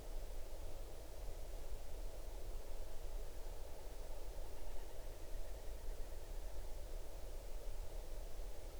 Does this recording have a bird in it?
no